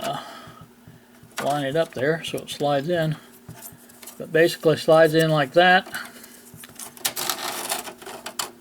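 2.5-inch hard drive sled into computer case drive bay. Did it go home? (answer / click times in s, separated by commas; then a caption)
yes / 8.4 s. A 2.5-inch hard drive, screwed into its sled, is lined up and slid into a computer case drive bay while someone talks. Sliding and scraping sounds follow, then the sled snaps into place with a sharp click at 8.4 seconds, and the drive is seated.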